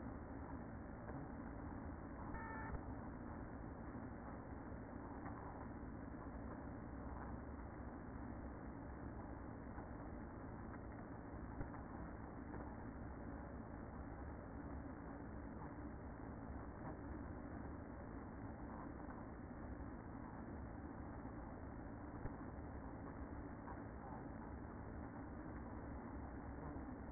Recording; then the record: honeybee colony, microphone inside the hive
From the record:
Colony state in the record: queen present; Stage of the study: after two queens were removed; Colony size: about 60,000 bees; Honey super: yes